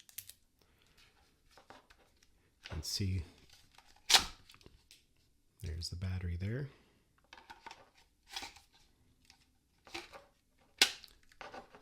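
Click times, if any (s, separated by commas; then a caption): 10.8 s. A flight battery is pushed into the rear bay of a DJI Avata 2 FPV drone and latches with a sharp click at 10.8 s, seating so it should not fall out on impact. Someone talks through the clip, and small handling taps and rustles are heard before the click.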